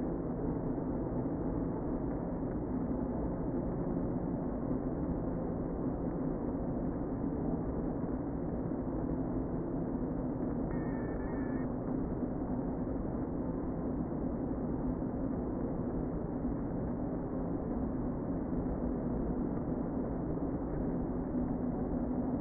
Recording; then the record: honeybee colony, microphone inside the hive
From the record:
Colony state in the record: queen present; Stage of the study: before two queens were removed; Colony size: about 60,000 bees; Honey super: yes